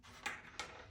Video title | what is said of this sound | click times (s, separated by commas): Stay Ahead of the Game - Awaretech Hidden HD Spy Camera Clock (Live Footage Inside!) | that little click means we're good to go | 0.3 s, 0.6 s